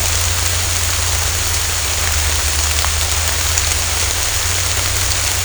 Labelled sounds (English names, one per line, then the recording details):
none
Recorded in secondary vegetation near Puerto Asís, Putumayo, Colombia, on 26 December 2024 at 11:30
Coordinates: 0.499, -76.323
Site G010